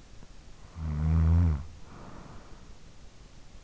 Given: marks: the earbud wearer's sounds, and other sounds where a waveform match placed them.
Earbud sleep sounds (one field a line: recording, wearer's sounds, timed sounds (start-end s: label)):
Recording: sounds in sleep by an in-ear microphone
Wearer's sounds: snoring breath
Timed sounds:
0.14-3.41 s: snoring breath